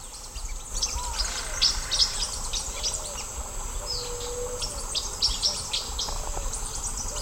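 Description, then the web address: Blue-winged parrotlet calls: busy, high chattering chirps over a shrill insect drone, with a few softer lower whistles mixed in. South America, Eastern Lowlands. "Natures Songs S America Eastern Lowlands. Blue-winged Parrotlet"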